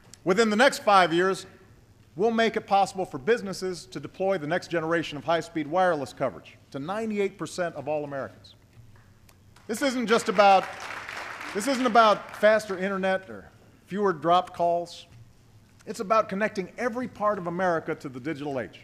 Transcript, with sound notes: Within the next five years, we’ll make it possible for businesses to deploy the next generation of high-speed wireless coverage to 98 percent of all Americans. This isn’t just about -- (applause) this isn’t about faster Internet or fewer dropped calls. It’s about connecting every part of America to the digital age.